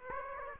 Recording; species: mosquito wingbeat signal from an infrared sensor; Aedes aegypti